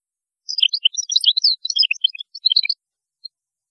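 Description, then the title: European goldfinch song, a rapid tumbling jumble of twittering, tinkling notes lasting about two seconds, then one last faint note. "Chant Chardonneret"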